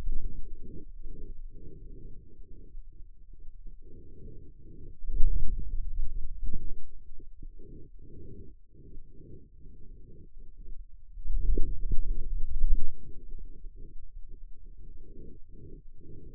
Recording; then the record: forearm muscle sounds (acoustic myography)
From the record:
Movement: hand closing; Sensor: system 2, bracelet of six BSWA MPA416 microphones around the upper forearm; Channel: 5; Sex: male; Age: 22 years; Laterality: right